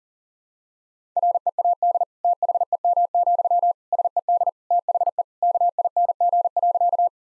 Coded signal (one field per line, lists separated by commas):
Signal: Morse code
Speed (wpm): 40 wpm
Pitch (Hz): 700 Hz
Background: none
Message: READ THEM, SED THE KING.